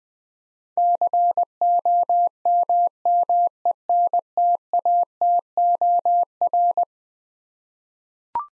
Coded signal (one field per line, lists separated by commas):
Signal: Morse code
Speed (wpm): 20 wpm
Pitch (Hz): 700 Hz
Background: none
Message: COMMENTATOR